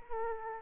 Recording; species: mosquito wingbeat signal from an infrared sensor; Aedes aegypti